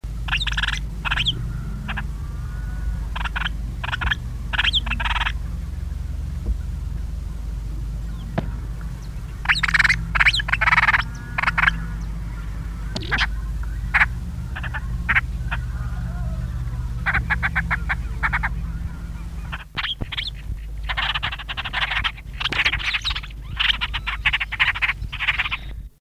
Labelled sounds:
Brown-and-yellow Marshbird call

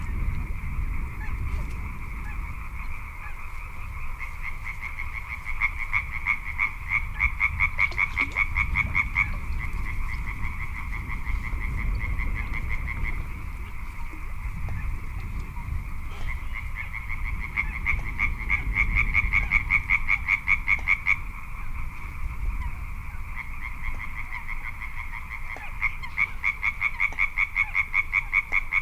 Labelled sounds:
Little Crake

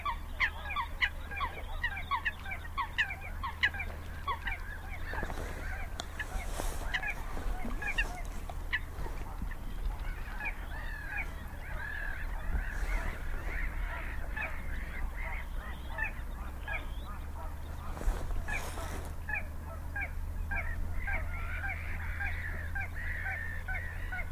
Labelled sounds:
Little Crake

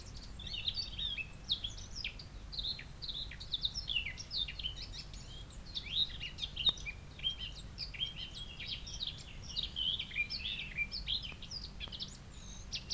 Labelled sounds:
Eurasian Blackcap song

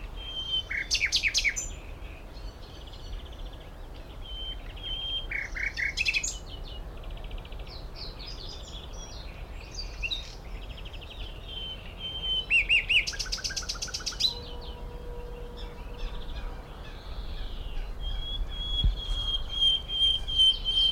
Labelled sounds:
Common Nightingale

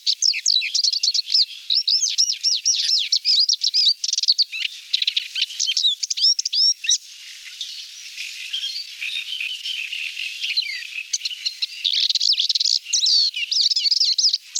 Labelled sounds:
Paddyfield Warbler song

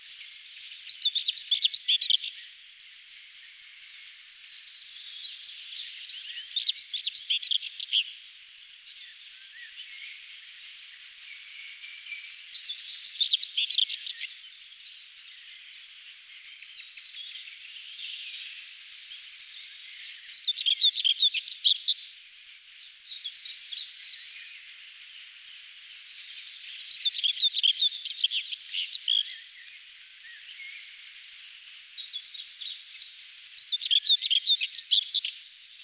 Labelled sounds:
Common Whitethroat song

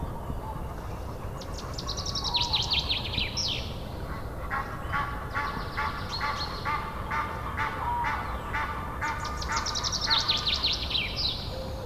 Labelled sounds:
Common Chaffinch

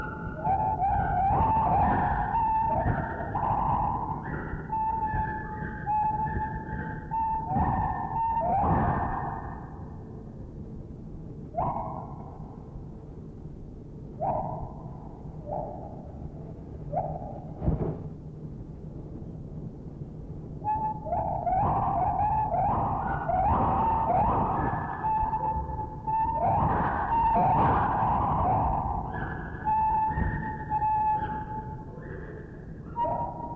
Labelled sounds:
Lar Gibbon

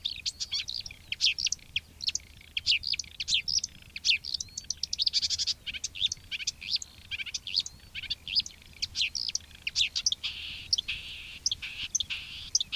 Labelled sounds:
Marsh Warbler song

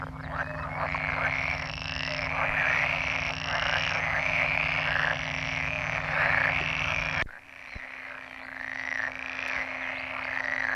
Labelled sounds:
Pool Frog call

